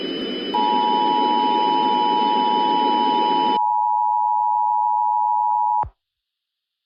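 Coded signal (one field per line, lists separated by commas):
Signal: Emergency Alert System (SAME) tones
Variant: 853 and 960 Hz attention tone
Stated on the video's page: SAME tones in a fictional EAS scenario preview.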